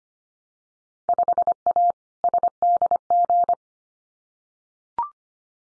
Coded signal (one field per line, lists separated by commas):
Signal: Morse code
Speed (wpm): 25 wpm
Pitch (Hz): 700 Hz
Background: none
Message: 5A SDG